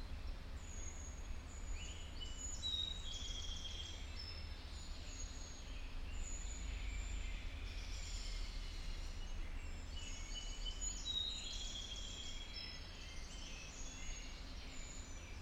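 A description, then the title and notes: A woodland dawn chorus of many birds calling and trilling at once, bright chirps and whistles overlapping densely for the whole stretch. Underneath runs a steady low rumble like traffic, and the overall level stays even throughout. Woodland Dawn Ambience, Discovery Park, Seattle, Wolf Tree Trail. This excerpt is from my first using an omni center Mid-Side setup. No high-pass filtering in record and no post-processing has been done (a rarity for me)except for a gain-boost and trimming down to 2 minutes. Mid: Sennhesier MKH 8020 Side: Sennhesier MKH 30.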